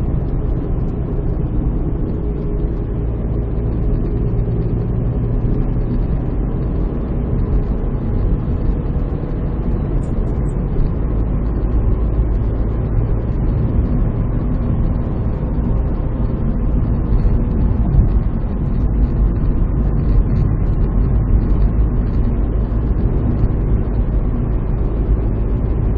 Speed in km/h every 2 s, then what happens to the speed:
65, 62, 67, 71, 75, 74, 79, 78, 75, 72, 74, 74, 74.
3-12 speeds up to 79. 12-17 slows to 72. 17-26 steady at about 74.